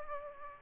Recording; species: mosquito wingbeat signal from an infrared sensor; Aedes aegypti